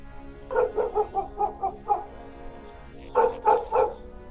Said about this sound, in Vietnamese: Nghe có tiếng người lạ tới, trong nhà vọng ra tiếng chó sủa, vang cả núi đồi, làm tôi giật cả mình.